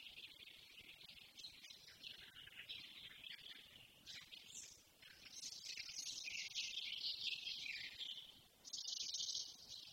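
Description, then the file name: Eurasian blackcap song, a chattering warble that grows fuller midway, ending with a short bright burst of high notes. "Sylvia atricapilla"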